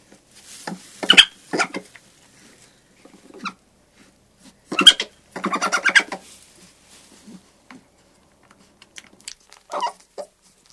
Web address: european badger